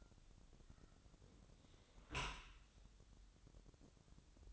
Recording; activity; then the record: daily activity, microphone in the room; close dishwasher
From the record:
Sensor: 3